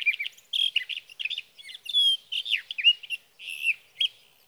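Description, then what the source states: Sage thrasher warbling in short clusters of burry, whistled notes separated by brief pauses, one clear whistle near the middle. Male singing through the night near his night roost, evenings of June 12 to mornings of June 15, 2018, Sierra Valley, California; recorded with a Swift recorder.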